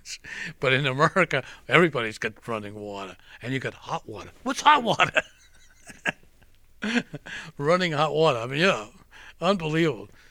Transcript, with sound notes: But in America everybody's got running water. And you got hot water. What's hot water? (he laughs) Running hot water. I mean, you know, unbelievable.